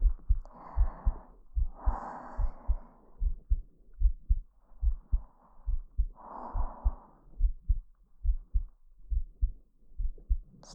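Normal heartbeat of an adult, heard through a close microphone.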